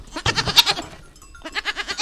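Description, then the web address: Two goat bleats, each shaky and quavering, separated by a brief quiet gap. Several goats recorded on a farm. "Les chevres. un jour a la ferme"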